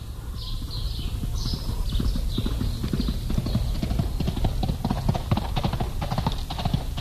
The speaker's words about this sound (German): Das ist Miguel Paramos Pferd, das zur Medialuna galoppiert.